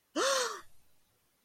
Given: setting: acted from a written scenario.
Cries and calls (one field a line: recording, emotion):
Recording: vocal sound without words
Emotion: negative surprise